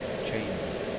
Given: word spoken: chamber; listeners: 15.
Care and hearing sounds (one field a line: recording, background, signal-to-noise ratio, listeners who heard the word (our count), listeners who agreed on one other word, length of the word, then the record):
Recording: one English word in noise, from a listening test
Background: speech-shaped noise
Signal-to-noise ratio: -4.4 dB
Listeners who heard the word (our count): 0 of 15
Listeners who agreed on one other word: 11 of 15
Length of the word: 0.59 s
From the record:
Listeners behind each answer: 11, 3, 1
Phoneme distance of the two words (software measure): 27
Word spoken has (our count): 2 syllables, 5 phonemes, stress on syllable 1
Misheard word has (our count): 1 syllable, 4 phonemes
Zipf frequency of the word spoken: 4.39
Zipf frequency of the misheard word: 5.49